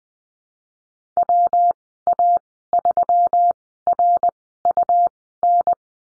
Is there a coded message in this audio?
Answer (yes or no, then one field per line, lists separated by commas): yes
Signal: Morse code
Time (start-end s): 1.2-5.7 s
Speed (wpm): 20 wpm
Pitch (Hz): 700 Hz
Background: none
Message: WA3RUN